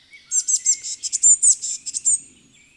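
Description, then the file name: Eurasian blue tit with a fast burst of high, buzzy churring notes strung together for nearly two seconds, with a faint thin whistle beneath. "Cyanistes caeruleus"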